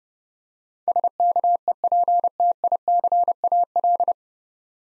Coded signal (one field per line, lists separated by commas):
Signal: Morse code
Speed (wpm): 30 wpm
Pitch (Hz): 700 Hz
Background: none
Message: SKEPTICAL